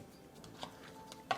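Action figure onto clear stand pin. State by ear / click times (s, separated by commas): seated / 1.3 s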